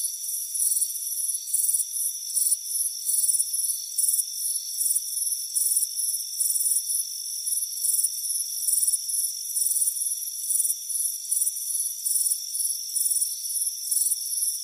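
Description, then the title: Cricket chirps, shrill and pulsed, coming in short regular bursts above a constant high drone. "Soothing Crickets Chirping Sound"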